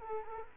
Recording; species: mosquito wingbeat signal from an infrared sensor; Culex quinquefasciatus